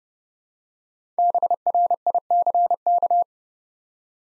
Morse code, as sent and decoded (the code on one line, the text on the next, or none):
-... .-. .. -.-. -.-
BRICK